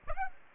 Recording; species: mosquito wingbeat signal from an infrared sensor; Aedes aegypti